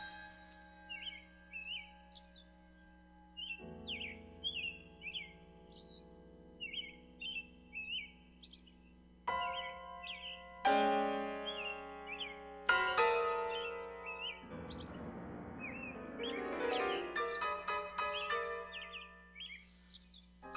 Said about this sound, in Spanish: Lo que tiene de especial el silbido de los mirlos es que es idéntico al silbido humano, al de alguien que no siendo muy hábil para silbar, tenga una buena razón para hacerlo, de vez en cuando y una sola vez, sin intención de continuar